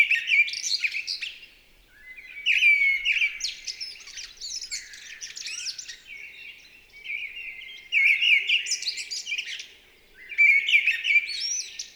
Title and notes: UNE DRAINE ENCHANTEE. 28 mars 2020-Val Maravel. la belle Grive draine (Turdus viscivorus) dans toute sa ferveur vocale